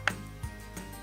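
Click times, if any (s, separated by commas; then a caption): 0.1 s. The reassembled plastic gear and drive assembly of a Philips HR 1453 blender is pushed into the blender motor base until it snaps home with a sharp, small click at 0.1 s. A much fainter sound follows around 0.8 s, and the click confirms the part is properly seated.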